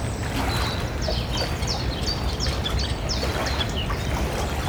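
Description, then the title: Common starling song of a series of bright, high, descending metallic notes over a constant low background rumble. Bird singing very high-pitched metallic trills at 54 Rue de la Garonne, Beauzelle, France; recorded with an ORTF pair of Sennheiser MKH8040 microphones and a MixPre-6 recorder. "54 Rue de la Garonne, 31700 Beauzelle, France - Un étourneau sansonnet aux trilles métalliques"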